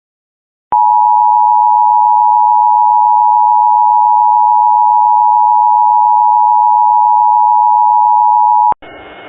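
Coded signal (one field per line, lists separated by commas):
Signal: Emergency Alert System (SAME) tones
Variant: 853 and 960 Hz attention tone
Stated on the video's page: Tornado Warning for New Jersey, Pennsylvania and Delaware.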